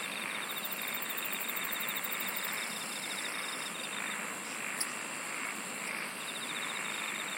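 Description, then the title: Insect song in chorus, a high rapid pulsed trill in the opening seconds, a lower ticking trill on and off, and a continuous shrill tone beneath. "SINGING OF INSECTS"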